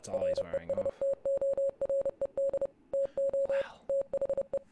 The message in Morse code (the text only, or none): RESTORED TO THE